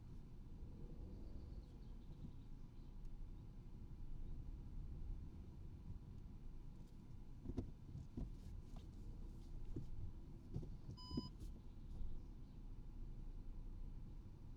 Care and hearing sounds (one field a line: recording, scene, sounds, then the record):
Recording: everyday scene through a hearing-aid microphone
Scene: in a vehicle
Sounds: engine, rumble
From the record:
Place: Skoda Fabia, gasoline engine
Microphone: in the ear canal, right